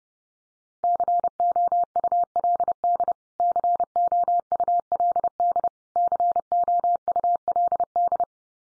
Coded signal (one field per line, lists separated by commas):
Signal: Morse code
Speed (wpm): 30 wpm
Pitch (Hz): 700 Hz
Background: none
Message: COULD COULD COULD